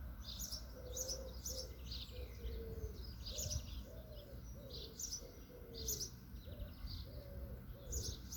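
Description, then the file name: Birds calling with sharp, high chirps in repeated short bursts, over a series of lower, short cooing notes and a steady low background hum. Birds singing in a natural setting. "Singing Birds Nature Atmo"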